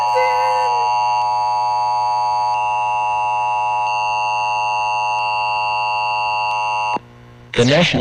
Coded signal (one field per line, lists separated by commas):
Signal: Emergency Alert System (SAME) tones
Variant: 853 and 960 Hz attention tone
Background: speech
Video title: My reaction for Edward’s Vlog and Reacting Channel EAS Scenario rattled (read description)